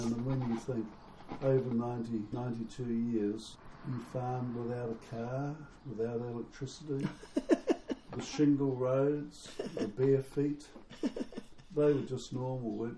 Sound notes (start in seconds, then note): 7.0 chuckle; 10.6 chuckle